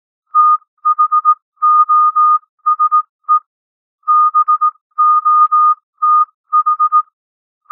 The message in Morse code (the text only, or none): THOSE BOTH